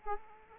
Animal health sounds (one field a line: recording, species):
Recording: mosquito wingbeat signal from an infrared sensor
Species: Culex quinquefasciatus